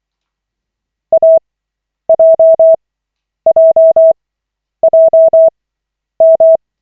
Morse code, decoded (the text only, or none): AJJJM